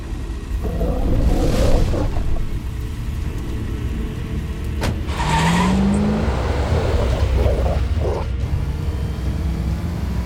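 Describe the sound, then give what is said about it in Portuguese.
A car drives with a steady low engine rumble, mechanical creaks and rattles over it, and a brief rising whine from the engine or tires midway through. No one speaks. “Olha, manobrar esse carro enquanto controlo o corpo não é nada fácil pra mim.”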